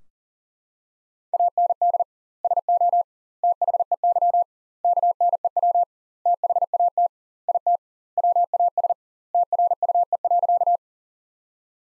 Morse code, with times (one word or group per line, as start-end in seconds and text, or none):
1.3-2.0 AND
2.4-3.0 SO
3.4-4.4 THEY
4.8-5.8 KNEW
6.3-7.1 THAT
7.5-7.8 IT
8.2-8.9 WAS
9.3-10.8 TRUE.